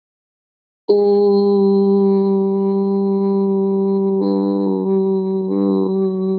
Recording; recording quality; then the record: sustained vowel as in boot; excellent, no background noise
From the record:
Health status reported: COVID-19 positive, mild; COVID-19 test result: positive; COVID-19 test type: RT-PCR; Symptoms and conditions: cold, fever, fatigue, muscle pain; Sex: female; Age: 30 years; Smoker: no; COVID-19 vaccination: both doses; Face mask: not worn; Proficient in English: yes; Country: India